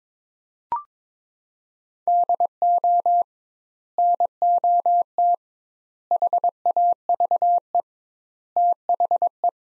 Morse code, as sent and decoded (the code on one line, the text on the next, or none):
-.. --- / -. --- - / .... .- ...- . / - .... .
DO NOT HAVE THE